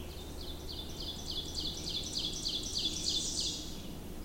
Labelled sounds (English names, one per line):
Ovenbird song